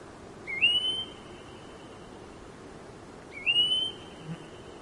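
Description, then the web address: Red-browed goldfinch uttering two thin, high whistles that rise briefly then flatten out, about three seconds apart over low hiss. "red browed goldfinch bird call"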